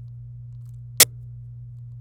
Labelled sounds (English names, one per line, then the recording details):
Domestic Canary song
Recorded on 26 April 2018 at 17:08
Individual llb3